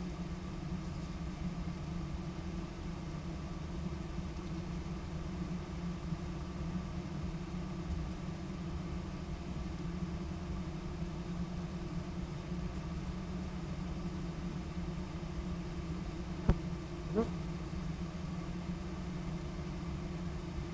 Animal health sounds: honeybee colony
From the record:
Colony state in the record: active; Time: day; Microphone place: bottom box

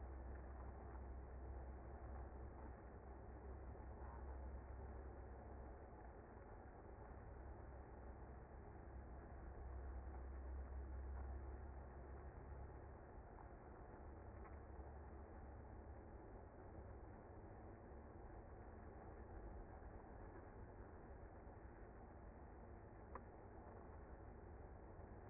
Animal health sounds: honeybee colony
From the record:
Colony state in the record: active

